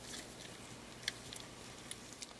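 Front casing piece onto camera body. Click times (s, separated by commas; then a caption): 1.1 s. A plastic front casing piece is lined up with the grooves under the end pieces of a Panasonic Lumix ZS19/ZS20 camera body and pressed on. It snaps into place with a sharp click at 1.1 s, followed by a few fainter ticks over a quiet background.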